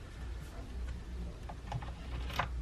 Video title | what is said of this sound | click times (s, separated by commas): Pax S80 Tutorial - How to run a sale, return, use tip menu, void transactions, and POS updates | it clicks and it'll send off for authorization. | 2.4 s